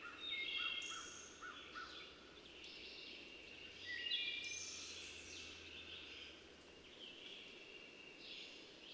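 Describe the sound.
Bird song from several overlapping singers, high whistled and trilled phrases layered together, louder bursts near the start and around four seconds, over steady background hiss.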